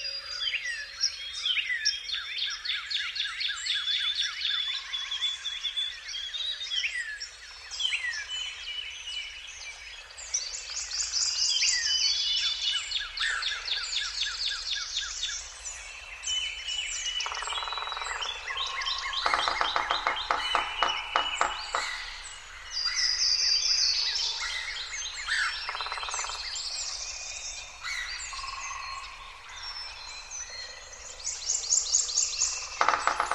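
A dense wild chorus of birdsong and chirps fills the whole span, rapid trills and whistles overlapping constantly, with brief louder clicking bursts around twenty seconds.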